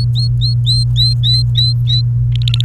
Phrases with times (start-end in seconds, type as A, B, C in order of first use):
0.00-2.01 A, 2.32-2.65 B